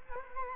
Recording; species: mosquito wingbeat signal from an infrared sensor; Culex quinquefasciatus